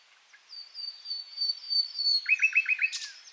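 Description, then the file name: Common nightingale song phrase: a long thin high whistle held for over a second, then five quick lower repeated notes and a short harsh burst at the end. "Luscinia megarhynchos"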